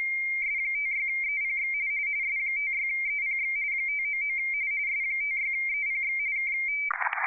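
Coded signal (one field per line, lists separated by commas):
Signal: RTTY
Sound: rapid warbling two-tone chatter for about 6.5 seconds, ending in a burst of wide hiss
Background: radio static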